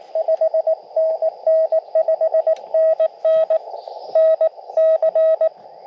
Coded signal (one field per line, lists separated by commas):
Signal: Morse code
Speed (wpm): 20 wpm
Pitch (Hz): 590 Hz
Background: radio noise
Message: 5NN 5NN NC